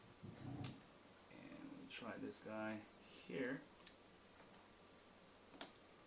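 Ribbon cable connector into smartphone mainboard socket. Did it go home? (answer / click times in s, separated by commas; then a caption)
yes / 5.6 s, 5.8 s. Someone talks as a flex ribbon cable connector is pressed onto its socket on a Galaxy Note 2 smartphone mainboard during reassembly. A sharp snap is heard at 5.6 s, followed by a softer one at 5.8 s, as the connector seats firmly on the board.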